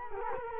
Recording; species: mosquito wingbeat signal from an infrared sensor; Culex quinquefasciatus